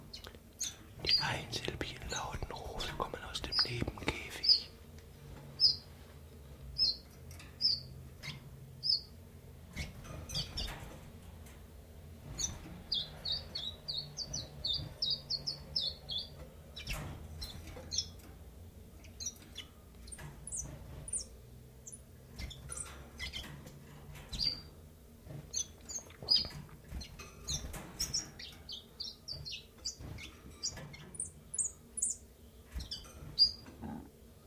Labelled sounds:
Common Chiffchaff
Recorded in captivity
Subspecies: collybita
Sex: male
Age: adult
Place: Zoologisches Institut Universität Tübingen, Baden-Württemberg, DE
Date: 1963-03-07
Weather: Zimmertemperatur 22°C
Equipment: LGS26
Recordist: Schneider, Hans-Joachim
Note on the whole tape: Rivalengesänge. Versuchsanordnung: Doppelkäfig mit undurchsichtiger Trennwand: ein Paar (Männchen: blau gelb/gelb, Weibchen: blau gelb/grün) und benachbart ein Weibchen (blau rot/grün)

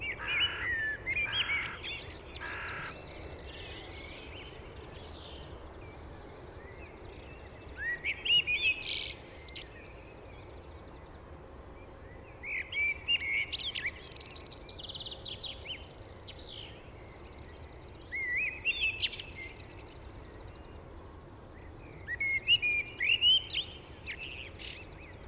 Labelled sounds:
Common Blackbird song
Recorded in the wild
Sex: male
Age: adult
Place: Garmisch-Partenkirchen, Bayern, DE
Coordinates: 47.4939, 11.0761
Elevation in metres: 710
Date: 1968-04-21
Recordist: Tretzel, Erwin

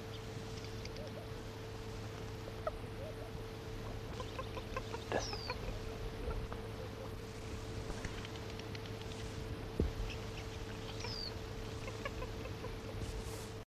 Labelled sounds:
Reed Cormorant call
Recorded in the wild
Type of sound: call
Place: Hardap-Damm
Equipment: Halbspur, 9,5 cm/s
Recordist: Lütgens, Hans
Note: Rufe. Südwestafrika

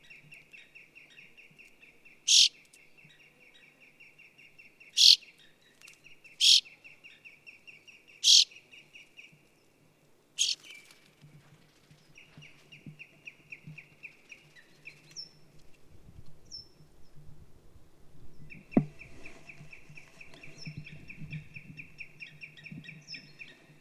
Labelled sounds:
Brambling
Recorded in the wild
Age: adult
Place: Halbinsel Kindo, Karelien, RU
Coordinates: 66.55, 33.1
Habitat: taiga
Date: 1998-06-21 22:38
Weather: no clouds, 12°C, weak easterly winds
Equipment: Aiwa HD-S1, Telinga Pro 5
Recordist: Frommolt, Karl-Heinz

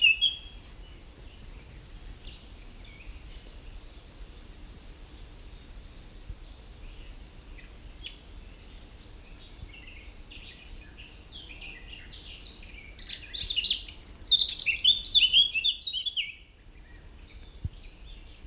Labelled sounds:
Eurasian Blackcap song
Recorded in the wild
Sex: male
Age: adult
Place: Huywald, Huy, Sachsen-Anhalt, DE
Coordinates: 51.9486, 10.9519
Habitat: high forest
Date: 1971-07-11 12:45
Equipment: Uher 4200 Report-S, Tesla Verstärker, Sennheiser MD 421
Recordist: Tembrock, Günter

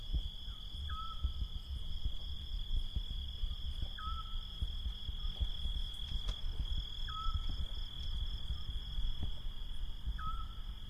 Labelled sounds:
Eurasian Scops Owl
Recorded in the wild
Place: Vasilikos, Zakynthos, Ionien Islands, GR
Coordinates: 37.7175, 20.9817
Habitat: olive grove
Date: 2012-07-05
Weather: 25°C, clear, almost windless
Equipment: Sound Devices 702, Sennheiser MKH 415 T, Rhode Windschutz
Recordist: Frommolt, Karl-Heinz

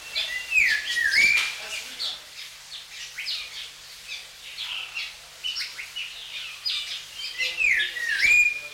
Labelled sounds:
Long-tailed Broadbill
Golden-breasted Starling
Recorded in captivity
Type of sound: song, whistle
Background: Lamprotornis regius
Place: Zoo Augsburg, Bayern, DE
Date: 1993-09-04
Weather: 14 °C, bedeckt
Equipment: Marantz CP 430, Sennheiser MKH 416 T, Kopie Uher Variocord 263
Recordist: Tembrock, Günter
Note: Lautfolgen

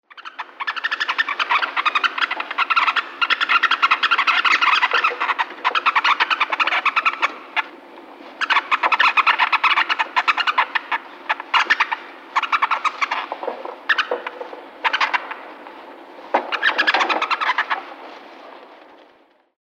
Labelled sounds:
Bank Vole
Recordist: Tembrock, Günter
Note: Lautfolgen

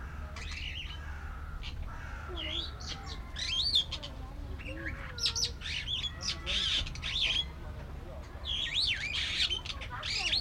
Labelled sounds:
Superb Starling
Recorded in captivity
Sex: male
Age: adult
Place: Zoo Berlin, Berlin, DE
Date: 1994-05-21 12:28
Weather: heiter, 12-16°C
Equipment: Marantz CP 430, Sennheiser ME 80, Kopie Uher Variocord 263
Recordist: Tembrock, Günter

